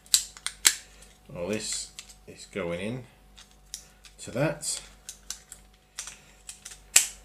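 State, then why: Seated. A plastic transformation part is pushed in and down into the body of a plastic Dinobot action figure while someone talks, with scattered small plastic clicks and taps along the way. A sharp click at 7.0 seconds marks the part seating, clicked into place.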